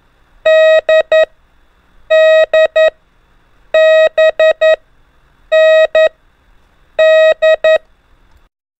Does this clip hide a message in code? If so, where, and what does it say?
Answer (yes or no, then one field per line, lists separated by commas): yes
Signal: Morse code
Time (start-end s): 0.5-7.8 s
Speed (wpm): 10 wpm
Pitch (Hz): 630 Hz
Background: none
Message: D D B N D